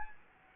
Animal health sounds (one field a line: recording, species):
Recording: mosquito wingbeat signal from an infrared sensor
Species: Anopheles gambiae